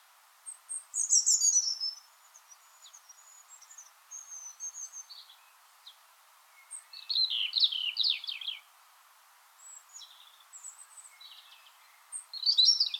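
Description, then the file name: European robin song in separate phrases of high thin whistles and quick rattling trills, with quiet gaps between them. "Erithacus rubecula"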